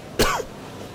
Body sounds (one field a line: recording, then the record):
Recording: coughing mixed with background sound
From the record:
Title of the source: Coughing 51